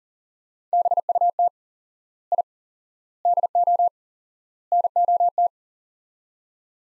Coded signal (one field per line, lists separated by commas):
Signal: Morse code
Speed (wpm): 40 wpm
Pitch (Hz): 700 Hz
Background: none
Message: BUT I DO NOT